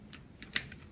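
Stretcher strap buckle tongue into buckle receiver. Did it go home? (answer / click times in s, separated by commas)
yes / 0.6 s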